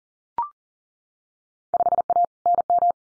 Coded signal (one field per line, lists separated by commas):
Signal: Morse code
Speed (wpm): 38 wpm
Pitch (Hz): 700 Hz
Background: none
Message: 5A NM